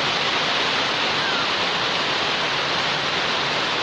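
Heavy rain pours down in a dense, unbroken hiss, loud and steady throughout with no pauses or distinct drops standing out, and no voices can be heard.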